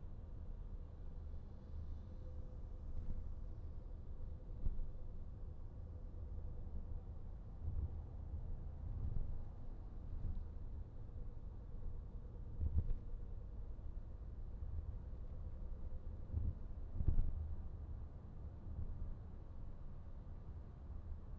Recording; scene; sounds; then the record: everyday scene through a hearing-aid microphone; in a vehicle; engine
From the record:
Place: VW T5 Caravelle, diesel engine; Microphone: behind the ear, right, rear